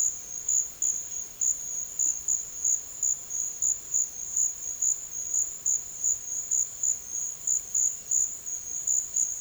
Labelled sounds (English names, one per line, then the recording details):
none
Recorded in secondary vegetation near Puerto Asís, Putumayo, Colombia, on 8 March 2025 at 14:00
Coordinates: 0.488, -76.319
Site G095